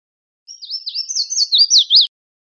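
Red-faced warbler giving a short, high song of rapid, wavering slurs that start softly and finish with stronger, louder notes.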